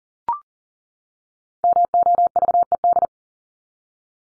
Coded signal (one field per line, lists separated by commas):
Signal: Morse code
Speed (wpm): 40 wpm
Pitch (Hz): 700 Hz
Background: none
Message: MOVED